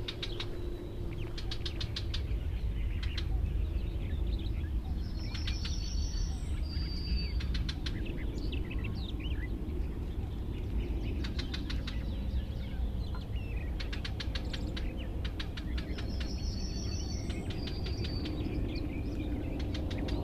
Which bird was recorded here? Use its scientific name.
Sylvia nisoria